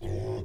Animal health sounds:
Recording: pig call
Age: weaner (32 to 43 days)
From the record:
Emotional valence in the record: positive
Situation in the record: positive conditioning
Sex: female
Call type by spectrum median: low-frequency call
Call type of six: low-frequency stable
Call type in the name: low-frequency stable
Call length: 0.45 s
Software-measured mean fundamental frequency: 51 Hz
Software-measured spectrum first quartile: 87 Hz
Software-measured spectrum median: 223 Hz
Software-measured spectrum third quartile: 441 Hz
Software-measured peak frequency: 101 Hz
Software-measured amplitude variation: 90 dB a second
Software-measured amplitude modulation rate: 30.0 a second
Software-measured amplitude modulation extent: 3.0 dB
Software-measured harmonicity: -0.7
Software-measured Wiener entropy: -0.34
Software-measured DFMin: 741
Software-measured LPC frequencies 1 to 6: 379, 1912, 2580, 3314, 5118, 6834 Hz

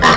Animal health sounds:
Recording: pig call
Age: piglet (1 to 25 days)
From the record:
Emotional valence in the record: positive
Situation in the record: reunion after long isolation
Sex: female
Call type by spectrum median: low-frequency call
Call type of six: low-frequency tonal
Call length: 0.17 s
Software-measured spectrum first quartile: 841 Hz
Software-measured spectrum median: 1337 Hz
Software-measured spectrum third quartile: 2454 Hz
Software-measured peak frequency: 1025 Hz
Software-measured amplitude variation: 55 dB a second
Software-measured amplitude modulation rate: 17.9 a second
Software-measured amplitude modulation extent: 3.1 dB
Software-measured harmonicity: 0.3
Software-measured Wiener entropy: -1.29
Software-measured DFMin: 834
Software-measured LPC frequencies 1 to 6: 1122, 1847, 2967, 3590, 4387, 5491 Hz

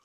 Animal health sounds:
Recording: pig call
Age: piglet (1 to 25 days)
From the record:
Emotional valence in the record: positive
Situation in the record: reunion after long isolation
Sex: male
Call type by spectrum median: low-frequency call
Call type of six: low-frequency tonal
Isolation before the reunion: 8 minutes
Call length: 0.05 s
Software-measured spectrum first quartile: 1066 Hz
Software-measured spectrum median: 2300 Hz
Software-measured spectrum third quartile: 5386 Hz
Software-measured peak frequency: 1150 Hz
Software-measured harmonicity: 1.1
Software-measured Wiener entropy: -1.45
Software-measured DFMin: 876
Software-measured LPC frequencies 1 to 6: 1175, 2329, 3038, 3738, 4753, 5495 Hz

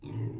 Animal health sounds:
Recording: pig call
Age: weaner (32 to 43 days)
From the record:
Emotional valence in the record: negative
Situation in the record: long isolation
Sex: female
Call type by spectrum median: low-frequency call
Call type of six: low-frequency stable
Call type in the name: low-frequency stable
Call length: 0.40 s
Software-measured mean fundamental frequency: 54 Hz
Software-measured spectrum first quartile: 114 Hz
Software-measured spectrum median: 175 Hz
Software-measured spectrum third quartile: 408 Hz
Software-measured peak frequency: 126 Hz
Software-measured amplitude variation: 137 dB a second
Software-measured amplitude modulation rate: 21.3 a second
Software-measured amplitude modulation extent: 6.4 dB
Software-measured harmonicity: -0.6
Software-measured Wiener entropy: -0.06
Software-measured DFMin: 751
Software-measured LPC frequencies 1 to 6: 249, 870, 2016, 2682, 3607, 5435 Hz

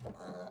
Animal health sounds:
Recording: pig call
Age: piglet (1 to 25 days)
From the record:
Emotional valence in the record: negative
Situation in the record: short isolation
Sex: male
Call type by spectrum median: low-frequency call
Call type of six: low-frequency tonal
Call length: 0.51 s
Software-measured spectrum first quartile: 231 Hz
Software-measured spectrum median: 491 Hz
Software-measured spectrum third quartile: 776 Hz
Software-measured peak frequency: 630 Hz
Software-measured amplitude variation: 125 dB a second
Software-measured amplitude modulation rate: 18.7 a second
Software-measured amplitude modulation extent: 6.7 dB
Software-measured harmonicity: 1.9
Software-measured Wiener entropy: -0.20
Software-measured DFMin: 1706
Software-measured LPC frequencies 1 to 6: 597, 1361, 4113, 6408, 7179, 8227 Hz

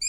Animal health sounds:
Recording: pig call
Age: weaner (32 to 43 days)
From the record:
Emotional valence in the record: negative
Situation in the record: novel object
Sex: female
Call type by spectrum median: high-frequency call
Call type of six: high-frequency stable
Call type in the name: high-frequency stable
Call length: 0.09 s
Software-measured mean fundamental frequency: 2078 Hz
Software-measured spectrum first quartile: 4299 Hz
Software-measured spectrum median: 6441 Hz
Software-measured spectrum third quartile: 7456 Hz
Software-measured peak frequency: 7478 Hz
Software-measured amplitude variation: 32 dB a second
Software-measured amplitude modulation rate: 5.6 a second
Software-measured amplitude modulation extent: 5.7 dB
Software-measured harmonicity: 20.8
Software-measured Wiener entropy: -6.04

